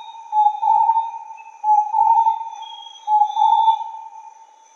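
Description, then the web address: Starred wood quail calling with low hollow whistled phrases, repeated in a steady rhythm. "inkaterra asociacion org. Starred Wood Quail"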